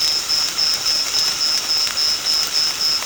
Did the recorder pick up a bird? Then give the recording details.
no. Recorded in secondary vegetation near Puerto Asís, Putumayo, Colombia, on 24 March 2025 at 18:30. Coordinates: 0.485, -76.322. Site G040